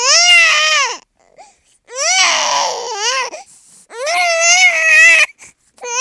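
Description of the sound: Three loud, high-pitched wailing cries of a baby, each lasting a second or more, separated by short gasping pauses and faint whimpers, in a strong tonal voice. An ordinary infant cry.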